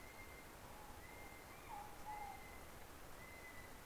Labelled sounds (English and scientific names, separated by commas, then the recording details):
North Island Brown Kiwi (Apteryx mantelli) male call
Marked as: faintness 3/5
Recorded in New Zealand on 17 November 2013
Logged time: 03:42
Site BS16